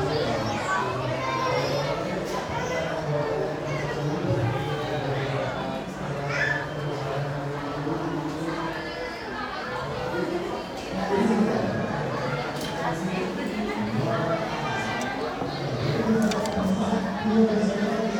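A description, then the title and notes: A busy cafe interior full of overlapping conversation, with several voices talking at once over a dense murmur of other diners. The chatter stays steady and fairly loud throughout, with occasional brief clinks of cups or cutlery. Phone recording [15]: Cafe.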